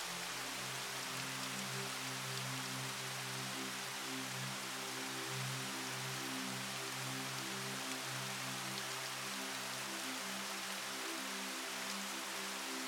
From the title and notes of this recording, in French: Son Apaisant de l'EAU et Harmonie MUSICALE. Le murmure relaxant de la cascade, fusionnant avec des mélodies douces.